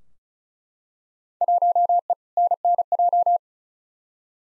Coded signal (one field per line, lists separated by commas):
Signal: Morse code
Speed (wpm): 36 wpm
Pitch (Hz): 700 Hz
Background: none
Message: 1E NNJ